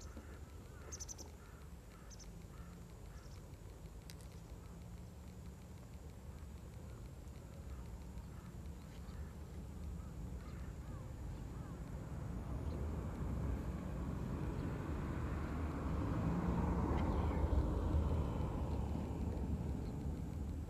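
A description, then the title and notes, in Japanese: A rice binder cuts and bundles rice stalks, its steady low engine drone building louder after about twelve seconds, with faint chirps early on. バインダーで稲刈り、ハザ掛け。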